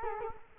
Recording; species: mosquito wingbeat signal from an infrared sensor; Culex quinquefasciatus